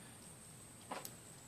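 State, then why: Seated. Someone moves the articulated toes of a small plastic Good Smile Company figma Ghost in the Shell Motoko Kusanagi action figure, pressing the plastic toe piece into its foot joint. A brief rubbing sound at about 0.9 s is followed by a short, sharp click at 1.0 s as the toe piece snaps into place. A steady high-pitched hiss runs underneath throughout.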